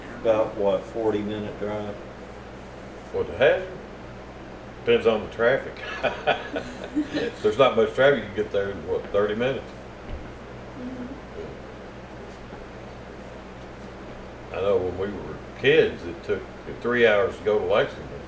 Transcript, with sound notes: About what, a forty minute drive?
What, to Hazard? Depends on the traffic. [laughing] There’s not much traffic you can get there in what, thirty minutes? I know when we were kids it took three hours to go to Lexington